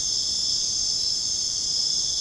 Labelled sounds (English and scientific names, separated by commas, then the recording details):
none
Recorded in dense forest near Puerto Asís, Putumayo, Colombia, on 22 June 2025 at 20:30
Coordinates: 0.486, -76.317
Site G065